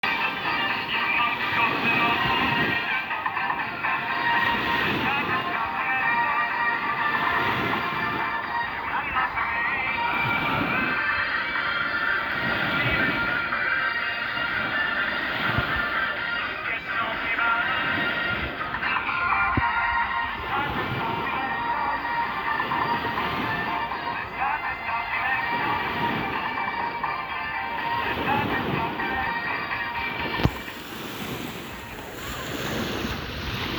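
Children play in the sea amid a dense, steady wash of voices and splashing, with low surging pulses rolling in every second or two. Near the thirtieth second a sharp knock cuts in, and the scene turns quieter and thinner afterward.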